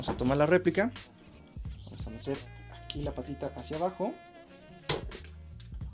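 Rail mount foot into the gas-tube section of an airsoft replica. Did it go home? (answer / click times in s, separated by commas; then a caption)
yes / 4.9 s. A small foot on a printed rail mount is pressed downward into the simulated gas-tube section of an airsoft replica while someone talks over background music. A sharp click at 4.9 s marks the foot seating in place, followed by a few faint handling taps.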